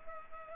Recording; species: mosquito wingbeat signal from an infrared sensor; Culex pipiens